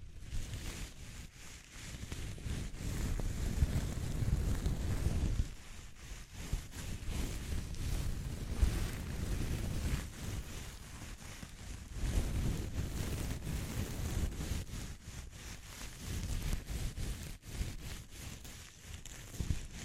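ASMR texture sounds: soft crackly scratching over a steady hiss, with deep rumbling swells rising and fading every few seconds, like wind buffeting.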